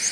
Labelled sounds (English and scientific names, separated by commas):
Kentucky Warbler (Geothlypis formosa) flight call